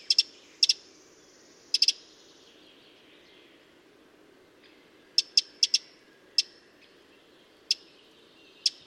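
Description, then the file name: Eurasian wren sounding scattered sharp clicks, a few paired at first, then single ticks spread out with longer pauses toward the end. "Troglodytes troglodytes"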